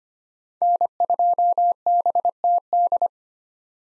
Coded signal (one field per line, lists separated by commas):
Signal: Morse code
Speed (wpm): 25 wpm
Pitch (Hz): 700 Hz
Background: none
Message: N2BTD